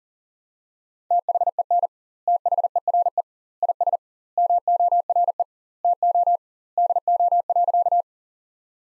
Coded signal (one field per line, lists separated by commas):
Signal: Morse code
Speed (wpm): 40 wpm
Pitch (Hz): 700 Hz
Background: none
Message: THEN THERE IS MORE TO DO.